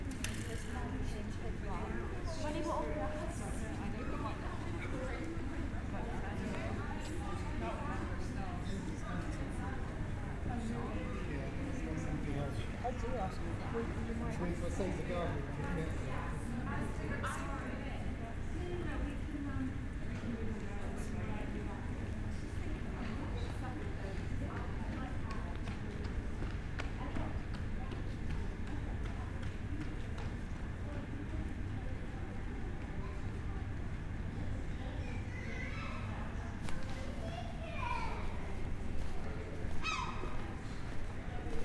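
A walk through the busy streets of Bath, with a constant murmur of crowd chatter and voices overlapping throughout. Low traffic rumble runs underneath, and brief clattering taps and a few brighter voices stand out near the end.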